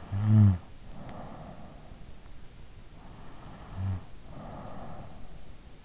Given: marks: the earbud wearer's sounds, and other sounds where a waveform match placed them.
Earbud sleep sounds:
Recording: sounds in sleep by an in-ear microphone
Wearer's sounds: snoring breath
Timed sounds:
0.00-2.21 s: snoring breath
3.30-5.75 s: snoring breath

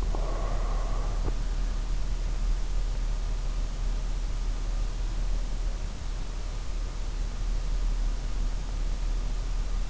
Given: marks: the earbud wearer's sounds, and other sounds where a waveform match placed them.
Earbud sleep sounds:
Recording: sounds in sleep by an in-ear microphone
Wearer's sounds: breath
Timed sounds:
0.00-1.73 s: breath

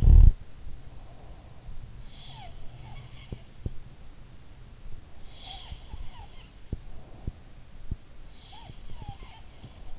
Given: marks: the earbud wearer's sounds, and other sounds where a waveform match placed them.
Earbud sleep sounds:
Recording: sounds in sleep by an in-ear microphone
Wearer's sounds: snoring breath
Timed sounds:
0.00-0.36 s: snoring breath
1.91-3.85 s: sound from someone else or the room
5.22-7.76 s: sound from someone else or the room
8.24-9.99 s: sound from someone else or the room

